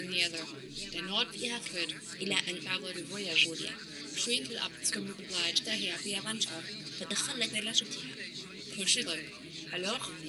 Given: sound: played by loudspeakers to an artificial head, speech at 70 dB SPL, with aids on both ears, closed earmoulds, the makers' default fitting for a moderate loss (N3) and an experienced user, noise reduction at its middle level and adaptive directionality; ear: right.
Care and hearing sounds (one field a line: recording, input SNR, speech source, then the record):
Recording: speech test signal (ISTS) in cocktail-party noise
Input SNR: 0 dB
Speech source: on the right (90 degrees)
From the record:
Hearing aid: class 2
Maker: J